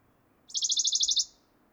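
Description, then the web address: Western Bonelli's warbler song: a short, dry trill of many rapid identical notes, high-pitched and lasting under a second, over a quiet background. "chant fernand deroussen pouillot de bonelli"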